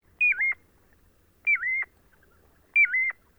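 Piping Plover calls: three clear whistled notes, each dipping then levelling off, repeated about every 1.3 seconds against a quiet background.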